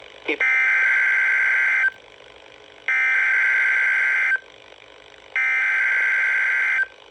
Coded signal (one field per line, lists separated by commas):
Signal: Emergency Alert System (SAME) tones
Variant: header bursts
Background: speech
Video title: SEVERE THUNDERSTORM WATCH EAS ALERT #220